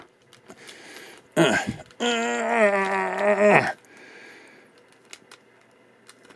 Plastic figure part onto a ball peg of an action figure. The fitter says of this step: using any heat i don't hear any clicking and they should click into